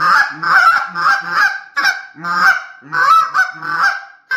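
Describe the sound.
Goose: geese give harsh, nasal honks in quick clusters, overlapping calls with short gaps between.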